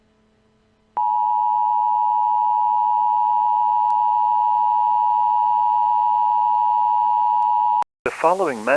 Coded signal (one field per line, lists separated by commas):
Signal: Emergency Alert System (SAME) tones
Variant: 853 and 960 Hz attention tone